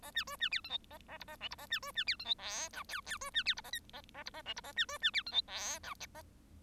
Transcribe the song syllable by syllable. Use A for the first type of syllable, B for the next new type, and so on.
A B C B D E F A A G A H G A B C B D E F I J K K C B D G A L A A G A H G A B C B D E F I J